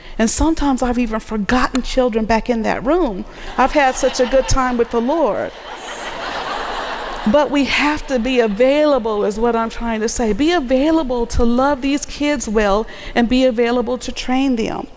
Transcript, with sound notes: Sometimes I’ve even forgotten children back in that room, I’ve had such a good time with the Lord! (laughter) But we have to be available, is what I’m trying to say! Be available to love these kids well, and be available to train them.